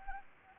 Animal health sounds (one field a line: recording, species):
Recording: mosquito wingbeat signal from an infrared sensor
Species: Anopheles gambiae